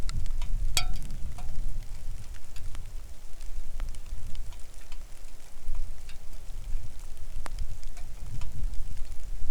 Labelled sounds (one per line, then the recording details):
wind
rain
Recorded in the Arctic National Wildlife Refuge, Alaska, on 3 August 2019 at 10:09
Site 41